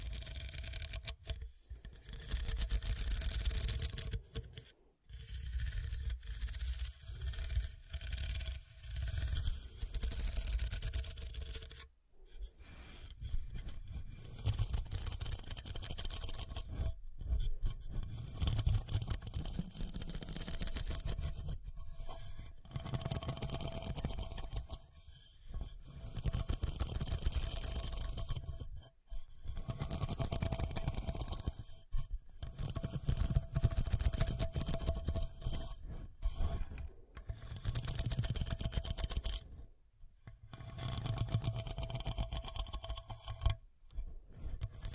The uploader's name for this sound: Pure Scratching